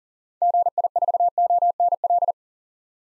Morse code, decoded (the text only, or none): GI4ONL